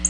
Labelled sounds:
Black-throated Blue Warbler (Setophaga caerulescens) flight call

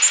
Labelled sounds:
Golden-winged Warbler (Vermivora chrysoptera) flight call

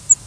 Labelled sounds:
Cape May Warbler (Setophaga tigrina) flight call

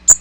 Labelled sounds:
Magnolia Warbler (Setophaga magnolia) flight call

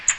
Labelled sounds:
Magnolia Warbler (Setophaga magnolia) flight call

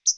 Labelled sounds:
Hooded Warbler (Setophaga citrina) flight call

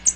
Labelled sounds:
American Redstart (Setophaga ruticilla) flight call

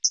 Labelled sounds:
Hooded Warbler (Setophaga citrina) flight call

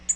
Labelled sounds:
Tennessee Warbler (Leiothlypis peregrina) flight call

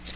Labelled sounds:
Magnolia Warbler (Setophaga magnolia) flight call

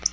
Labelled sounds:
Black-throated Blue Warbler (Setophaga caerulescens) flight call

